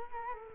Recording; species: mosquito wingbeat signal from an infrared sensor; Culex quinquefasciatus